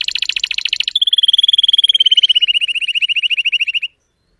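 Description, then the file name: Canary (Spanish Timbrado): canary song: a fast, buzzy trill shifts into a clear run of evenly spaced notes that slowly drops in pitch, then stops abruptly into silence. Spanish Timbrado breed of domestic canary, called canário belga in the Portuguese title; singing. "canto do canario belga timbrado espanhol"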